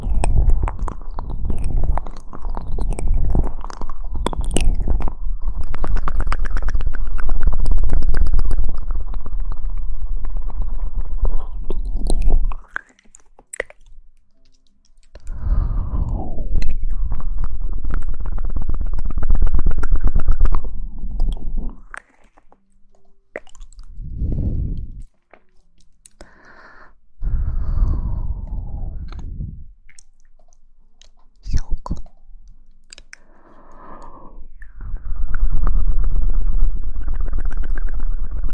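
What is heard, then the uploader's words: Mouth sounds: long low gurgling, rumbling stretches broken by short pauses, wet clicks and pops, and brief rising squelchy swoops throughout. Mouth Sounds.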